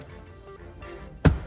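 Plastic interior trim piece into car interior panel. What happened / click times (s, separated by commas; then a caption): The trim piece snapped into place / 1.3 s. With music playing in the background, a plastic interior trim piece in a Tesla Model Y is pushed back into its car interior panel after the radar detector power cable has been routed. A single sharp snap at 1.3 s shows the trim piece is seated in place.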